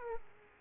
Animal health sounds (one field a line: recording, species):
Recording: mosquito wingbeat signal from an infrared sensor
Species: Aedes aegypti